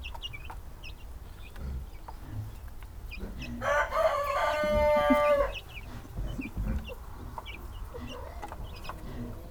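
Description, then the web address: Chicken giving one strong, harsh crow lasting about two seconds, amid scattered peeps and a low farmyard rumble. Farmyard with chicks, a Hungarian hen and a rooster, with traffic. "allathangok parasztudvar csibe magyartyuk olajtokinyitasa kakasdiszno"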